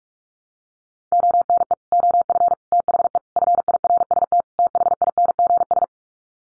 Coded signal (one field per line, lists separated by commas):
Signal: Morse code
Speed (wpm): 44 wpm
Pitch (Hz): 700 Hz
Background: none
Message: ONE OF THE FIRST THINGS